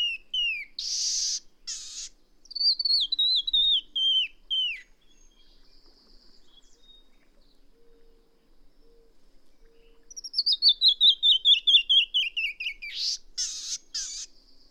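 Songbird singing fast descending trills of sharp, hooked notes, separated by harsh hissing bursts and a quiet pause in the middle.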